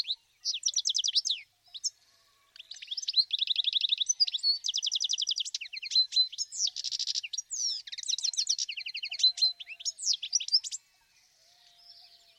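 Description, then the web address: Bird song, a long continuous medley of high twittering, rapid trills and harsh buzzy bursts, stopping abruptly before faint quiet sounds at the end. "Bird Only"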